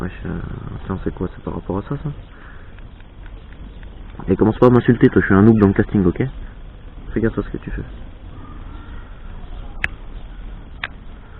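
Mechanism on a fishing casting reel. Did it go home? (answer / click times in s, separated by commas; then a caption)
yes / 9.8 s, 10.8 s. Someone talks while working the mechanism on a plastic and metal Wish Fishdrops / Shishamo LB200 casting reel. Two sharp, loud clicks ring out at 9.8 s and 10.8 s as the mechanism engages well.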